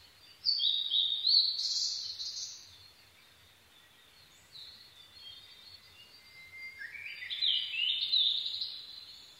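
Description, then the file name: Blue-and-white flycatcher song: a loud warbled phrase, a brief soft one, then a longer phrase rising from lower whistles into high notes. Recorded 22 May 2011 at 04:34. "ooruri-20110522-0434"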